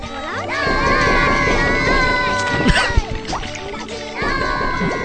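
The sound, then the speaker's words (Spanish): Children scream and wail in a played recording, several shrill wavering cries overlapping almost continuously, rising and falling in pitch, with a brief dip before the loud screaming resumes. “En medio de un juego feliz y con florecitas y escuchando esos gritos.”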